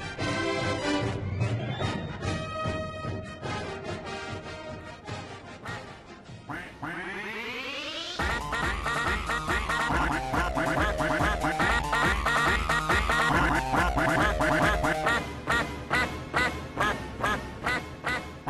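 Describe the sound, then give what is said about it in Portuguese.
A loud, continuous run of cartoonish duck quacks in quick rhythmic bursts, broken midway by a brief rising sweep before the nasal quacking resumes and carries on to the end. “O Pato te selecionou.”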